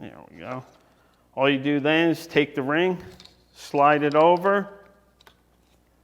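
Someone talks while sliding a ring attachment over the end of a Jonard Tools wall-fishing glow rod, which will hold the cable before it is pulled through the wall. Two faint, brief ticks of handling are heard around 5.2 to 5.3 seconds near the end. The ring has not snapped into place yet.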